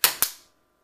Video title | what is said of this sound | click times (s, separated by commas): Top Registry Picks l My Stroller and Car seat *Featuring Milk Snob* | you hear that it clicks in | 0.0 s, 0.2 s